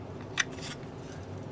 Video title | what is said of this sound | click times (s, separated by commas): I Built a Solar-Powered Heltec v4 Meshtastic Node for SHTF — No Grid Required | And then it will lock into place. | 0.4 s